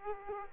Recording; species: mosquito wingbeat signal from an infrared sensor; Aedes aegypti